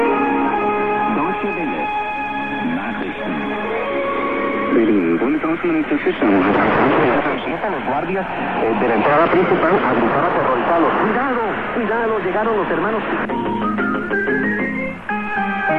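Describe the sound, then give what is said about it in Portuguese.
Shortwave radio reception noise: a muffled, band-limited hiss filled with warbling heterodyne whistles and garbled, fading voices, steady and loud throughout, with a brief tuning-like sweep near the end. “Tá aí esse ruído maravilhoso das ondas curtas, hein?”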